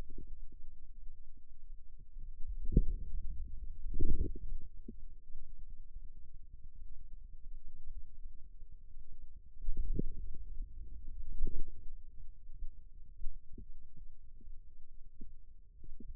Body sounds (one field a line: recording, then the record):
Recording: forearm muscle sounds (acoustic myography)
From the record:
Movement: wrist flexion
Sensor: system 2, bracelet of six BSWA MPA416 microphones around the upper forearm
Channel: 1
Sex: male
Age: 22 years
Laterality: right